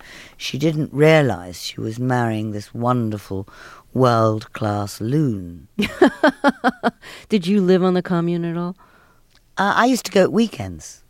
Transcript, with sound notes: She didn't realize she was marrying this wonderful, world-class loon.
(Laughter) Did you live on the commune at all?
I used to go at weekends.